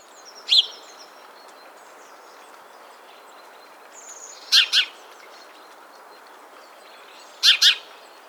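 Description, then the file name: House sparrow giving a single chirp, then two double chirps a few seconds apart. "Passer domesticus"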